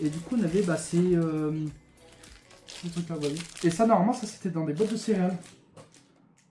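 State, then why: Seated. A plastic spinning-top piece that came in a cereal box is pressed onto the top's base. Someone talks, then there is a quiet click at 5.9 s as the piece clips on and seats.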